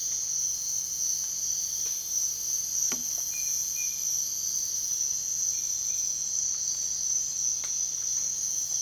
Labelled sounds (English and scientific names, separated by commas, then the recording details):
none
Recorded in dense forest near Puerto Asís, Putumayo, Colombia, on 29 June 2025 at 05:00
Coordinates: 0.468, -76.322
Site GP03